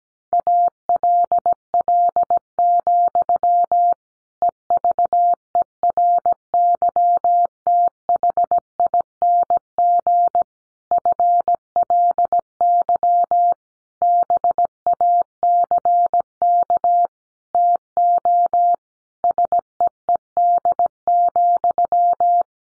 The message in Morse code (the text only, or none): ALL, EVERYTHING FLY BACK TO SEED,